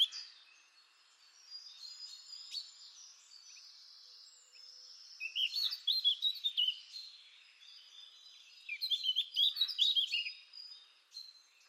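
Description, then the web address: Eurasian blackcap vocalization: quick high twittering and warbled note bursts around six and ten seconds, with softer chirps between and faint high background calls. "cianscape birddata Deverinetal 2025"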